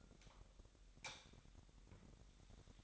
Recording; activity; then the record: daily activity, microphone in the room; light off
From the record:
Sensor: 3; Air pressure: 1011.9 hPa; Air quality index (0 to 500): 228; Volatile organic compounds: 4 ppm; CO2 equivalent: 1691 ppm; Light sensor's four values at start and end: 16/41/17/17 and 14/32/14/14